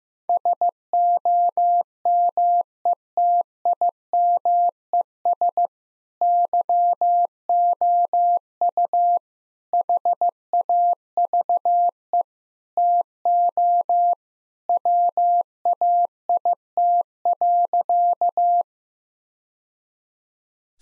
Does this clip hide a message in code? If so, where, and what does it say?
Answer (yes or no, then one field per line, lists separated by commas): yes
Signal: Morse code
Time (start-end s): 0.3-18.6 s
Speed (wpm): 15 wpm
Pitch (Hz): 700 Hz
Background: none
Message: SOMETIMES YOU HAVE TO WAIT.